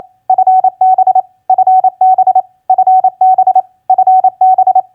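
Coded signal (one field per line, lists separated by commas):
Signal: Morse code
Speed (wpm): 28 wpm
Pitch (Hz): 750 Hz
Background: none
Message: FB FB FB FB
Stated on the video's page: Morse practice of common QSO elements (TU, FB, CUAGN) at 28 wpm.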